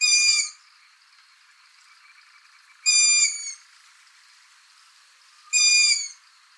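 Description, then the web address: Long-eared Owl calls: three short, harsh, squealing notes rich in overtones, each about half a second long and spaced roughly two and a half seconds apart. "asio otus call"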